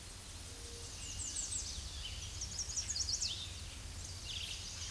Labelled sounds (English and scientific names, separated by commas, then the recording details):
American Redstart (Setophaga ruticilla) song
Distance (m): 30 m
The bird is about 5 m above the microphone
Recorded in a Pennsylvania forest on 16 May 2024 at 07:38
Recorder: AudioMoth, point MSD-2345
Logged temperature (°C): 15.5 °C
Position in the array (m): 105 m, 227 m